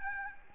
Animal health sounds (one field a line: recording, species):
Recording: mosquito wingbeat signal from an infrared sensor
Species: Aedes albopictus